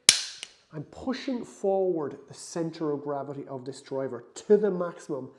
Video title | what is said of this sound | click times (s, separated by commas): How to adjust your Titleist TSR driver | the heavy weight to the front like so and tighten it up until I hear the click | 0.1 s